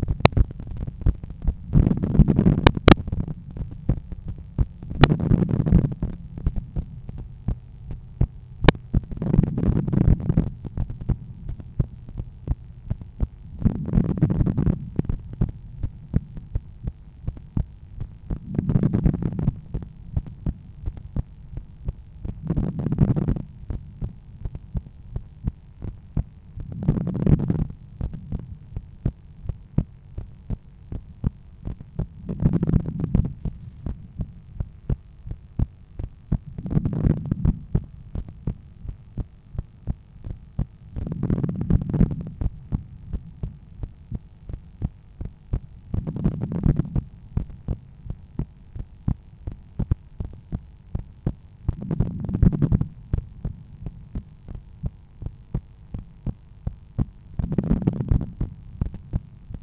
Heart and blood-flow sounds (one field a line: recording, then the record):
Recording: heart sounds by stethoscope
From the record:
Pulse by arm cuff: 83 bpm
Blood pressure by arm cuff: 137/85 mmHg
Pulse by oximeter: 82 bpm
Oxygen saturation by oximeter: 95%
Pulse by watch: 83 bpm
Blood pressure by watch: 127/83 mmHg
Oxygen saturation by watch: 98%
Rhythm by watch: sinus rhythm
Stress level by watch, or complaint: low stress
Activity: after 5 min smoking and 1 beer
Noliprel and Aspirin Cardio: after pills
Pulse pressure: 52 mmHg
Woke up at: 7:30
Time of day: 22:22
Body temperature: 36.4 C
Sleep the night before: 8 h 32 min, score 78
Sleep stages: REM 32%, light 50%, deep 12%, awake 6%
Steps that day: 9500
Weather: clear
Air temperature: 19.5 C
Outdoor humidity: 65%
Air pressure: 1014 hPa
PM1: 13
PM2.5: 18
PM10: 26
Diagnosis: hypertension, treated with Noliprel and Aspirin Cardio 100 mg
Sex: male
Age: 53 years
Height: 174 cm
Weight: 81 kg